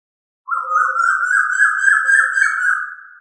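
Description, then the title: Chicken producing one sustained, steady tonal call that rises gently in pitch and lasts nearly three seconds before tailing off. "manok ostrali"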